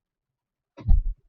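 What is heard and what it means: A car seat belt is yanked hard, and its webbing locks in the retractor. A short click at 0.8 s is the inertia lock catching, followed by a brief low thump and rustle that fade by about 1.1 s. The retractor locks on the sharp pull, confirming it works.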